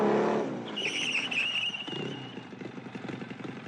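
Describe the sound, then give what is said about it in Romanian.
A motorcycle approaches, its engine droning with a buzzing, high-pitched whine over a low rumble, the sound holding fairly steady and slightly pulsing for a few seconds, with no voices. “Cine vine cu motocicleta aia?”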